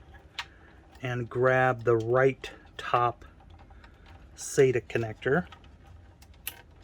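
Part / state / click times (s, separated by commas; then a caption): SATA cable connector into drive port / seated / 6.5 s. Someone talks while plugging a plastic SATA power/data cable connector, one with a 90-degree end and a straight end, into a drive's port. A sharp snap at 6.5 s marks the connector latching and seating in place.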